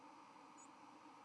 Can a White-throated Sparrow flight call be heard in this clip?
no